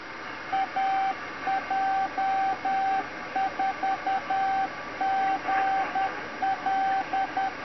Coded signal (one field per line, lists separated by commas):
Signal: Morse code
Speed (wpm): 10 wpm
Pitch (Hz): 770 Hz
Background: radio noise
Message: AJ4GL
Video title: Arduino Nano automated CW straight keyer morse code robot